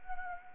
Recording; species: mosquito wingbeat signal from an infrared sensor; Anopheles arabiensis